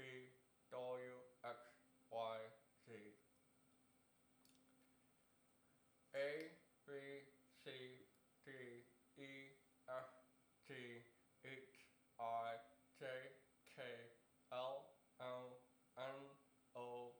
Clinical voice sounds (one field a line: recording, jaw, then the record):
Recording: letters of the alphabet, spoken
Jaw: constrained by a bite bar between the teeth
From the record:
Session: first day, right after the free take